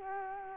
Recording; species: mosquito wingbeat signal from an infrared sensor; Culex quinquefasciatus